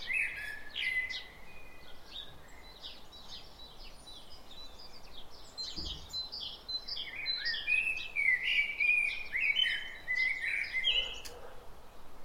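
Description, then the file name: Common blackbird singing fluty warbling phrases, one brief at the start and a longer run later, amid a busy chorus of high twittering birds. "Turdus merula"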